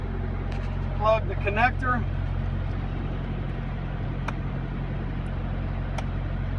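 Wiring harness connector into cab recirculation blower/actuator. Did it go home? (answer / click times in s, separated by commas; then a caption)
yes / 4.3 s, 6.0 s. A wiring harness connector is plugged back into the cab recirculation blower/actuator of a 2016 Kenworth T680 after the blower/filter housing has been screwed back in. Someone talks briefly over a steady low hum, then sharp clicks are heard at 4.3 s and 6.0 s. The connector clicks in and its red release-button locking latch snaps home, so the connector is seated.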